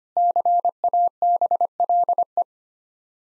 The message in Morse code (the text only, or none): CABLE